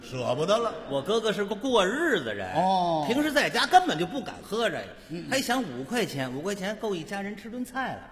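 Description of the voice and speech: An adult man performs pingshu-style comic storytelling in fluent Mandarin for Beijing radio, with lively, wide-ranging pitch and a steady conversational pace, broken only by short pauses. Brief listener interjections and a light chuckle are heard. The voice is clear, with no disorder evident.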